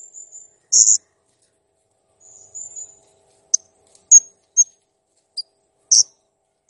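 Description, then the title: Blue-crowned hanging parrot calls: scattered, sharp, very high chips and short buzzy notes separated by quiet gaps. Master recording of a clear, persistently singing bird, made for training cage birds. "Masteran Burung Serindit Ll Masteran Serindit Gacor Jernih"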